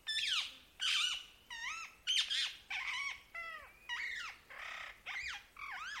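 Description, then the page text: Rose-ringed parakeet giving harsh squawks, about ten in six seconds, most sliding down in pitch, with short quiet gaps between them. Nominate subspecies krameri. "Попугай Крамера - Rose-ringed Parakeet (Psittacula krameri krameri)"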